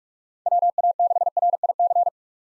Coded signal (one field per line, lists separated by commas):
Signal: Morse code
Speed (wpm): 42 wpm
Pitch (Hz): 700 Hz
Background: none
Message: WA6RIC